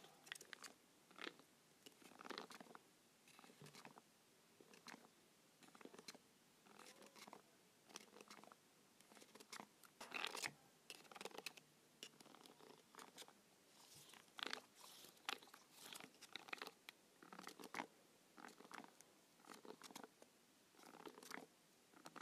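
Buttons on a remote are pressed over and over, each press a short plastic click or tap. The presses come in uneven bursts, sometimes rapid runs, sometimes single clicks with brief pauses, continuing steadily throughout.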